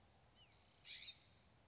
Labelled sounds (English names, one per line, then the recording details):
California Scrub-Jay
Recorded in Sonoma County, California